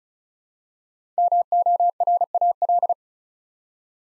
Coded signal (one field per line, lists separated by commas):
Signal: Morse code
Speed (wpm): 36 wpm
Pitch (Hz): 700 Hz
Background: none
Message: MORAL